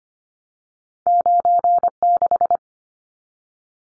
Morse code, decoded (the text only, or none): 96